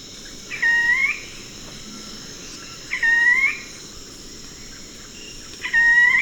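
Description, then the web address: Ruddy foliage-gleaner giving three brief, rough upslurred calls roughly every two and a half seconds, with constant high-pitched insect hum behind. Recorded in Ecuador. "Birds of Ecuador 2. Ruddy Foliage-Gleaner"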